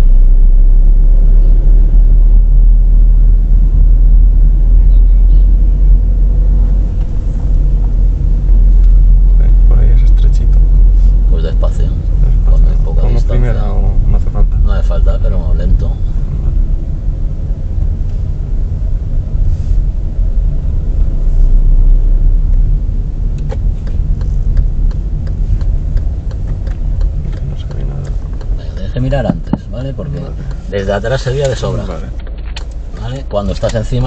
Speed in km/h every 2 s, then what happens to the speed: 14, 18, 19, 23, 20, 21, 18, 14, 13, 11, 13, 15, 15, 12, 9, 0, 2.
0-5 speeds up to 23. 5-11 steady at about 21. 11-18 slows to 11. 18-24 steady at about 13. 24-30 slows to 0. 30-32 standing.